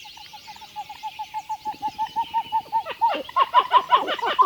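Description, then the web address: Pied-billed grebe starting with a run of clear, evenly spaced notes that turns louder and harsher, becoming downward-slurred notes. Common western species of North America. "Songs of Birds of North America Know Your Bird Sounds Common Western Species. Pied-billed Grebe"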